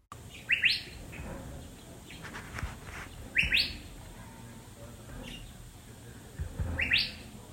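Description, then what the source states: Curve-billed Thrasher whistled calls, sharp rising two-part whistles repeated about every three seconds over a faint background hiss and low rumble. Whistled call typical of deserts of the American Southwest and northern Mexico; often one of the first calls new birders to the Southwest desert learn.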